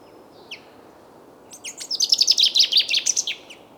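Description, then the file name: Common chaffinch: a short call note, then a rapid, ringing song of trilled notes. "Fringilla coelebs"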